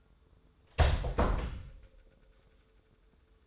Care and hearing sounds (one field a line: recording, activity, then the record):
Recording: daily activity, microphone in the room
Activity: close door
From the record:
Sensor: 3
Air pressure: 1015.2 hPa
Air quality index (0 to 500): 178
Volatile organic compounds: 16 ppm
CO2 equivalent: 2553 ppm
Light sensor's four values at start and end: 16/41/16/17 and 16/41/16/17